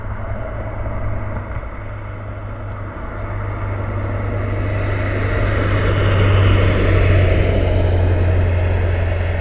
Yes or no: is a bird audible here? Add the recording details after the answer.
no. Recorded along the Dalton Highway, Alaska, on 18 October 2019 at 16:01. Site 06